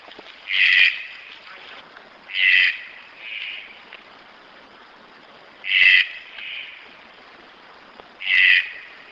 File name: Canto do Tucano da Garganta Amarela